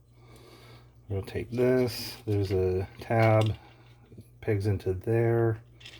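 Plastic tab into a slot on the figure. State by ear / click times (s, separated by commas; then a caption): not seated / none. Someone talks while rotating a part of a Transformers Timelines Hearts of Steel Optimus Prime toy, lining up its plastic tab to peg into a slot on the figure. Soft handling noise sits under the speech, and nothing has seated or clicked yet.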